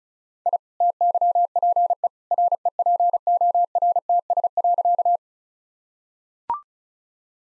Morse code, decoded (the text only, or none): I TYPE REPORTS.